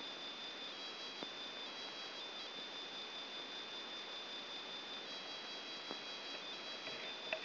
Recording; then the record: brain microelectrode recording played as sound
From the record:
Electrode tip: outside the subthalamic nucleus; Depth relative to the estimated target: -3 mm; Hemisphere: left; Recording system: AlphaMap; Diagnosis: Parkinson's disease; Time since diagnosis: 11 years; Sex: male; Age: 50 years